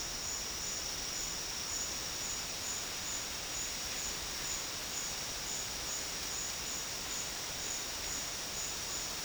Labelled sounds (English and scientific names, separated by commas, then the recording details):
none
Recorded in dense forest near Puerto Asís, Putumayo, Colombia, on 8 March 2025 at 13:00
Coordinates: 0.484, -76.325
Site G045